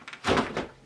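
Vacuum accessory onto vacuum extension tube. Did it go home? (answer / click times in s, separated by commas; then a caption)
yes / 0.6 s. An accessory is pushed onto the alloy extension tube of a Fabuletta 10 in 1 cordless stick vacuum (24Kpa, 250W brushless motor). A faint tap is followed by a short sliding scrape and a sharp click at 0.6 s. The click shows the accessory is seated and in place on the tube.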